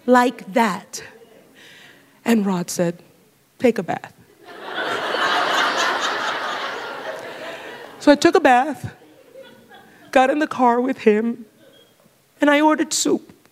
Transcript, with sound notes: Like that. And Rod says, “Take a bath.” (laughter) So I took a bath, got in the car with him, and I ordered soup.